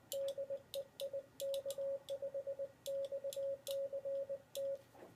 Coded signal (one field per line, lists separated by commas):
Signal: Morse code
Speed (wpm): 20 wpm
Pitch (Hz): 550 Hz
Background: radio noise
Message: DE IK5XCT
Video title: Sound of CT599 Paddle CW in QSO by Ik5xct (FULL)